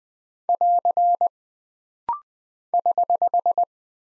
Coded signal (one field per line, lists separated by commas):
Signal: Morse code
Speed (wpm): 20 wpm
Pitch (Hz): 700 Hz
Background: none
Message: <AR> <HH>